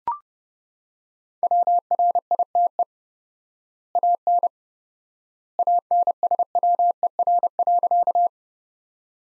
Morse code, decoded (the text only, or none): WRITE AN ANSWER.